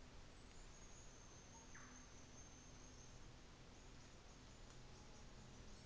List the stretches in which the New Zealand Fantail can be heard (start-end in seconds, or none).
0.14-3.31, 3.60-5.85